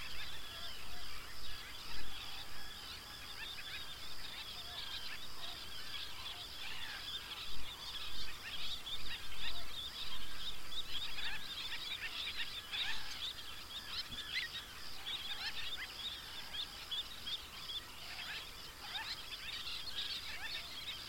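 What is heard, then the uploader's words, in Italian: At the Cabras pond, a dense chorus of birds chatters and twitters without pause, many small calls overlapping in a bright, busy layer. A low, steady rumble runs underneath, and the chorus swells and dips slightly in loudness over the 21 seconds. Lo Stagno – Cabras.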